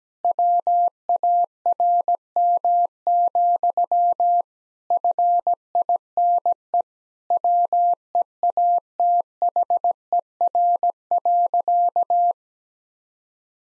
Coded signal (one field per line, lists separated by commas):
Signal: Morse code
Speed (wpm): 17 wpm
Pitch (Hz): 700 Hz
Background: none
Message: WARM, FINE WEATHER.